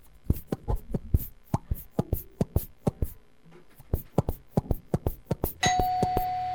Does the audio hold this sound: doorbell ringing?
yes